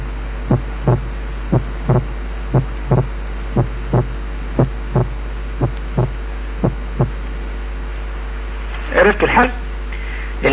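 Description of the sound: Adult heart by stethoscope, about 60 beats per minute. Normal inspiratory splitting of the second heart sound: S2 splits on inspiration and becomes single on expiration. A voice begins talking near the end.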